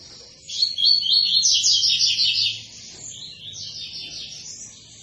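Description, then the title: Double-collared seedeater song: after a quiet start, a sustained run of high, buzzy, rapidly repeated notes, then a softer trailing warble. Tui-tui song type from a 'fibra' bird; teacher song (canto professor) used for teaching young birds. "COLEIRO TUI TUI FIBRA"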